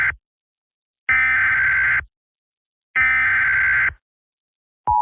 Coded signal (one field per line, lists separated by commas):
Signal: Emergency Alert System (SAME) tones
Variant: header bursts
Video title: Brookhaven EAS broadcast (Billboard version)